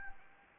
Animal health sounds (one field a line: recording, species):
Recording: mosquito wingbeat signal from an infrared sensor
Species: Anopheles arabiensis